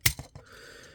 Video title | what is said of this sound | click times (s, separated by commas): Transformers Legacy Voyager Road Hauler | Then you're going to come to the back section once again of the crane, bring it all the way up until you hear it click into place. | 0.1 s